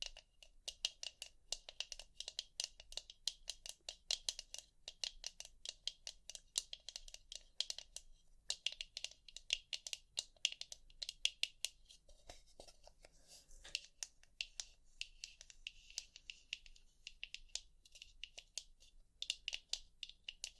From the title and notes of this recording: ASMR 100% Tapping for EXTREME tingles & sleep (No Talking).